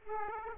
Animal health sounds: mosquito wingbeat signal from an infrared sensor; Aedes aegypti

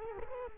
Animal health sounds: mosquito wingbeat signal from an infrared sensor; Culex quinquefasciatus

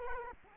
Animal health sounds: mosquito wingbeat signal from an infrared sensor; Culex quinquefasciatus

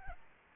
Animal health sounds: mosquito wingbeat signal from an infrared sensor; Aedes albopictus

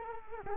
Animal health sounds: mosquito wingbeat signal from an infrared sensor; Culex quinquefasciatus

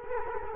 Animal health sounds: mosquito wingbeat signal from an infrared sensor; Culex quinquefasciatus

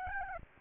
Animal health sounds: mosquito wingbeat signal from an infrared sensor; Aedes albopictus

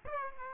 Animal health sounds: mosquito wingbeat signal from an infrared sensor; Aedes aegypti

